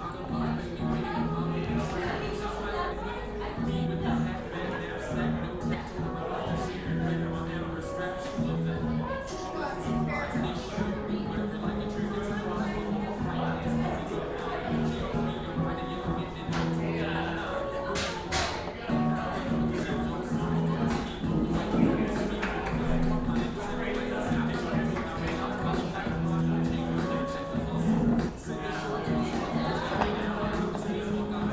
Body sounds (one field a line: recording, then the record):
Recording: background sound without coughing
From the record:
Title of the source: 60 minutes of coffee shop sounds for study and concentration